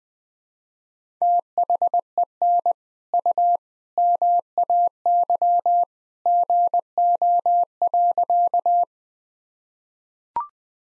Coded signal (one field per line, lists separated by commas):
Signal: Morse code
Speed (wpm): 20 wpm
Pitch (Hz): 700 Hz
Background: none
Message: THEN U MAY GO.